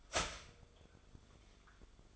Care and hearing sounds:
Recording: daily activity, microphone in the room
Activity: start toaster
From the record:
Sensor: 5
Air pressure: 1014.8 hPa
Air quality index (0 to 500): 207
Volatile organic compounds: 10 ppm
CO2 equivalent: 2200 ppm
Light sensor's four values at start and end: 14/33/13/12 and 14/33/13/12

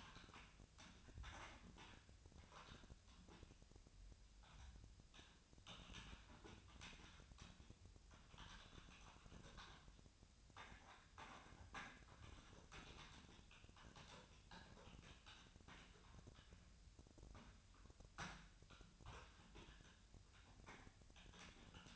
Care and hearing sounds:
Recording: daily activity, microphone in the room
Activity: typing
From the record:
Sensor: 2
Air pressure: 1009.3 hPa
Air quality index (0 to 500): 187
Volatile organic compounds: 11 ppm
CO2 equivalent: 2323 ppm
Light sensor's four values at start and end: 24/59/25/28 and 24/59/25/28

